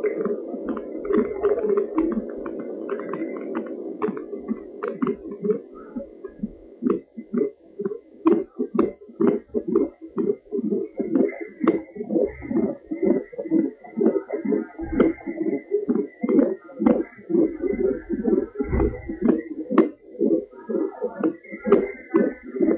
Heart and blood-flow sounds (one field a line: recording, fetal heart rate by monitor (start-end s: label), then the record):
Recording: fetal heart sounds by stethoscope on the mother's abdomen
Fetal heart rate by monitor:
0.00-10.00 s: 125 bpm
10.00-20.00 s: 126 bpm
From the record:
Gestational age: 38 weeks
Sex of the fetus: girl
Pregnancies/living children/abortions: 2/0/1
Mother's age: 26 years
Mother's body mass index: 27.4